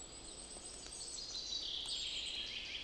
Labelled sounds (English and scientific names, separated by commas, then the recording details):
Common Chaffinch (Fringilla coelebs)
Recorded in Germany
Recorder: ecoPi